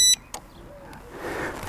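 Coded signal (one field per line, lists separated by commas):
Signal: beep code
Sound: one short high beep, then a couple of clicks and quiet handling noise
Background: handling noise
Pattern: 1 short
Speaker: Press the button to arm it.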